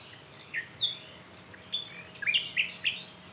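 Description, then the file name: Common nightingale song: a run of short, varied chirps and whistled notes, with a quick cluster of sharp notes near the end. "Luscinia megarhynchos"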